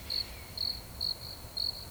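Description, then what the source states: Cricket chirping: short, high, clear pulsed bursts repeat at a brisk, slightly uneven pace. Background cricket sounds under a spoken two-minute centering meditation.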